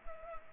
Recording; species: mosquito wingbeat signal from an infrared sensor; Culex pipiens